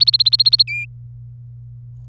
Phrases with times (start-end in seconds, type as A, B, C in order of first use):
0.00-0.63 A, 0.68-0.85 B